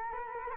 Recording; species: mosquito wingbeat signal from an infrared sensor; Culex quinquefasciatus